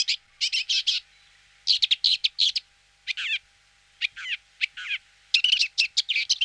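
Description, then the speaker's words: Woodchat Shrike song, a quick jumble of scratchy chattering notes and short whistles in bursts, with brief pauses between phrases. Very rare; sometimes heard alarmed; song very discreet, audible only at very close range; observed several times through a telescope during a walk. "on l'entend quelquefois alarmé, mais son chant est très discret, il faut vraiment être trop près pour l'entendre."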